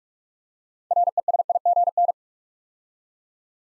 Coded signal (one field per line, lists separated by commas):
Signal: Morse code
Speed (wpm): 44 wpm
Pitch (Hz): 700 Hz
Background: none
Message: RESIGN